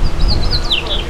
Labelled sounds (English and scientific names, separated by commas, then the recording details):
House Finch (Haemorhous mexicanus) song
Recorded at Merrick on Long Island, New York, on 17 May 2013
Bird B